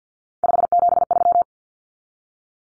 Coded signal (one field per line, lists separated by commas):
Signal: Morse code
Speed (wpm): 50 wpm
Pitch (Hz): 700 Hz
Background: none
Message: 573